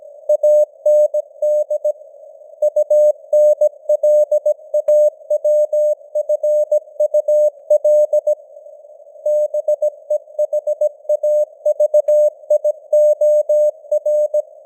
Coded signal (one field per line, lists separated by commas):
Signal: Morse code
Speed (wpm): 17 wpm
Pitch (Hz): 600 Hz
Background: none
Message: AND UNLAWFUL BEHAVIOR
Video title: Morse Code News | 2025-11-02 | 17wpm